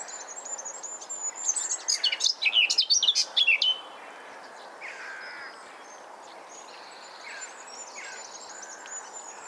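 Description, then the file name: Eurasian blackcap song, a brief rapid burst of warbling notes lasting about two seconds, followed by quiet with a few faint scattered calls. "Sylvia atricapilla"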